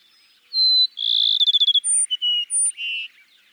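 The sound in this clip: Cassin's sparrow song: a level whistle, a buzzing trill that breaks into fast pulses, then short high and low whistled notes ending on a burry note.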